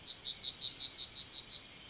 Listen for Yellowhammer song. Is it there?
yes